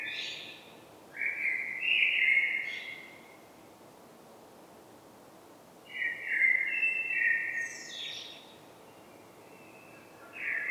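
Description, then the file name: Common blackbird song: mellow whistled phrases separated by pauses, some closing with a high twitter. "Turdus merula"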